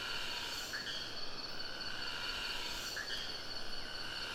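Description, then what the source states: Cicada drone, a steady high buzz with two short chirping notes breaking through, over a low background hiss. Singing, recorded close to a river in the Sumatra jungle, Ketambe, Aceh region, with a Sony PCM D50 recorder.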